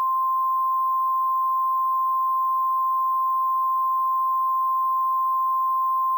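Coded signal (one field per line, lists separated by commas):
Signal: Emergency Alert System (SAME) tones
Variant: 1050 Hz attention tone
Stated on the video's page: Fake joke mock of a NOAA Weather Radio station failing.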